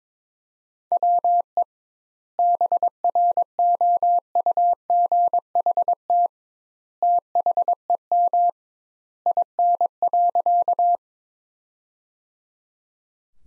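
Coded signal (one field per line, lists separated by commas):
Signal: Morse code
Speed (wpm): 22 wpm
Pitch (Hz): 700 Hz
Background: none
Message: WE BROUGHT THEM IN.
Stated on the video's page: Morse practice sentences from the top 500 words at 22 wpm with 2x standard word spacing, a word-based method analogous to Farnsworth.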